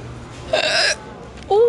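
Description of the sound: One sudden, sharp voiced hiccup from an adult woman, followed by the onset of speech; an ordinary single hiccup.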